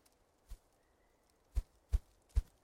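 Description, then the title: Ruffed grouse drumming: four deep, muffled thumps, the last three closer together, over a quiet background. Male drumming to declare territory and availability in mating season, in North America; often confused with a distant generator thumping. "Ruffed Grouse - Bonasa umbellus - male drumming"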